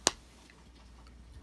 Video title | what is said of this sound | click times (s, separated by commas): Hot Wheels Star Wars Kylo Ren's Command Shuttle | Now, just like most Hot Wheels ships, comes with a cool stand, peg it in port, hear that click, and | 0.1 s